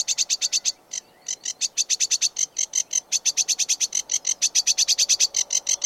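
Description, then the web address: Sedge warbler song: fast, dry repeated notes in a long run, broken by a brief pause. "sedgewarbler singing"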